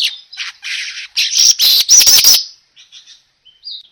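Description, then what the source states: Weaver song, harsh buzzy chattering bursts with dry rattles, loudest in the middle, then a few soft scattered chirps near the end. Lure recording of a vigorously singing weaver.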